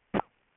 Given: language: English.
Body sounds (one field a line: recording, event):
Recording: throat vibration sensor signal played as sound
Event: cough